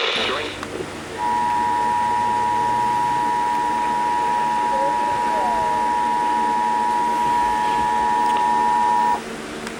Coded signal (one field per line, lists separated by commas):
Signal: Emergency Alert System (SAME) tones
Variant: 853 and 960 Hz attention tone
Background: speech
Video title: EAS 2,000 | EAS Alerts From 5/7/2023 (EAS #1,989-2,040)